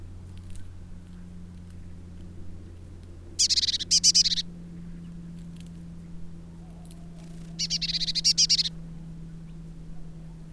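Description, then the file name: Eurasian blue tit gives two short, buzzy churring bursts of rapid repeated notes, each about a second long and several seconds apart, over a steady low hum. "Cyanistes caeruleus"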